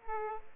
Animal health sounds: mosquito wingbeat signal from an infrared sensor; Aedes aegypti

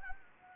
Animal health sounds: mosquito wingbeat signal from an infrared sensor; Anopheles gambiae

